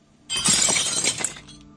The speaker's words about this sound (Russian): Как-то вечером сын поздно во дворе возился. Я дома была. Вдруг, слышу, стекло разбилось.